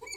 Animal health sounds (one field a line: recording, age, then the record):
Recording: pig call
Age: weaner (32 to 43 days)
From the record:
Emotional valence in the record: negative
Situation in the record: novel object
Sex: female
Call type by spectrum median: high-frequency call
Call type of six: high-frequency stable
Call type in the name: high-frequency stable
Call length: 0.17 s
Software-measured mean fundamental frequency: 1509 Hz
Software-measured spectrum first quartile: 1594 Hz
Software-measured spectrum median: 3575 Hz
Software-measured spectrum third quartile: 5913 Hz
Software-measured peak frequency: 2321 Hz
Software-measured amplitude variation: 187 dB a second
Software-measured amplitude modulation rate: 20.3 a second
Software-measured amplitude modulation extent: 9.2 dB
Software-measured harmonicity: 10.9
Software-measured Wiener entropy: -4.03